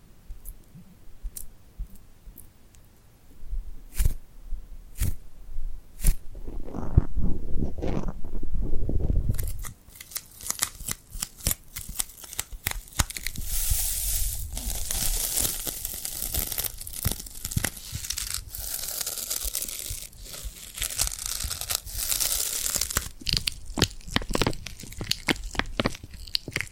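Tingly glued hand sounds: sticky peeling and crinkly rubbing, opening with sparse sharp clicks and pops. Around seven to nine seconds a low, rumbling rub swells, then from about ten seconds dense, bright crackling and tearing textures continue steadily with frequent snaps to the end.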